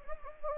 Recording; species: mosquito wingbeat signal from an infrared sensor; Anopheles gambiae